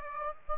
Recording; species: mosquito wingbeat signal from an infrared sensor; Aedes aegypti